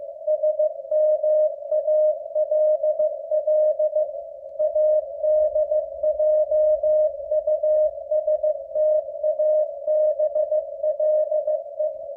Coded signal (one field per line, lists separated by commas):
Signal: Morse code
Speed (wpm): 15 wpm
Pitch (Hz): 610 Hz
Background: none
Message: SMALL ADJUSTABLE